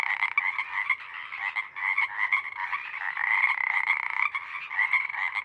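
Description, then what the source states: Many Pacific Chorus Frogs calling at once, their harsh ribbit-like croaks merging into a continuous, throbbing din. Full chorus of a single pod, roaring as a deafening wall for hours until night air cools; recorded night of April 21–22, 2019, Sinlahekin Valley.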